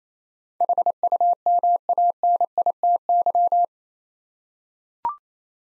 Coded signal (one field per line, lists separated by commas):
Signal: Morse code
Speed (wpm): 28 wpm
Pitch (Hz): 700 Hz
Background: none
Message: HUMANITY